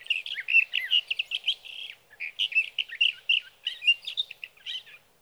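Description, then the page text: Sage thrasher song, a rapid continuous jumble of warbling, burry notes with only one short break midway. Male singing through the night near his night roost, evening of June 12 to morning of June 15, 2018, Sierra Valley, California; night songs, captured with a Swift recorder. "Sage thrasher songs, through the night. from the evening of June 12 to the morning of June 15, 2018, in Sierra Valley, California"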